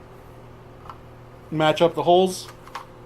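Someone talks while lining up the holes of a T Rex Arms Ragnarok light-bearing holster's locking fork (for a Glock 19 with a Streamlight TLR1-S) with the receiver plate mounted on the leg. A few faint, sharp handling ticks sound around 0.9, 2.7 and 2.8 seconds against low background hum. The fork has not clicked or seated into the plate yet.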